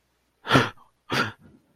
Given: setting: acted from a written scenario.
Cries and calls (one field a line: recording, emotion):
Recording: vocal sound without words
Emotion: negative surprise